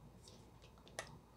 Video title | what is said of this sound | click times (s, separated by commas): VacLife VL732 Stick Vacuum Unboxing And Testing | looks like it has positive clickage and it should fit into I | 1.0 s